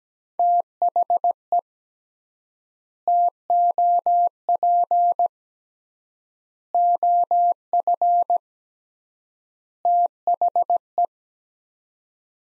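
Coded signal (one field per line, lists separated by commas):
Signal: Morse code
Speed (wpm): 17 wpm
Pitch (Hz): 700 Hz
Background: none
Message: THE TOP OF THE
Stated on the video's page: Morse practice set of four-word groups at 17 wpm with 3x word spacing, a Farnsworth-like method using words, for head-copy training.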